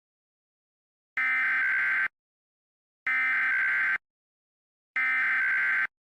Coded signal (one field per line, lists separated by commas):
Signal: Emergency Alert System (SAME) tones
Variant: header bursts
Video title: Eas